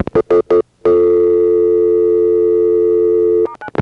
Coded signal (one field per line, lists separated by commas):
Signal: telephone call progress tone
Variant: North America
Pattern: dial tone